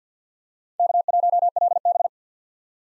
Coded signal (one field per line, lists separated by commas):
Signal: Morse code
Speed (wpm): 49 wpm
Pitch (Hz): 700 Hz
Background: none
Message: K1LB